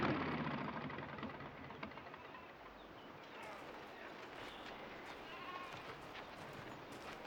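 A horse, frightened by a running machine, whinnies in shaky, wavering calls, loud at first and then settling, while the machine's low engine-like rumble runs steadily underneath.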